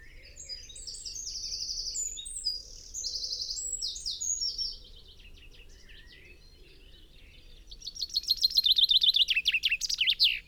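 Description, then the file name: Common chaffinch song: after long high whistles, a rapid trill ending in a sharp flourish. "Fringilla coelebs"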